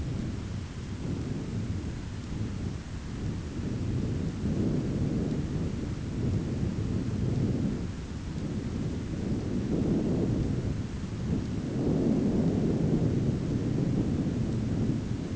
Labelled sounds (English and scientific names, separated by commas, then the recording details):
none
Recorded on Arctic tundra, site ZACK-1, on 15 June 2019
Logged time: 19:49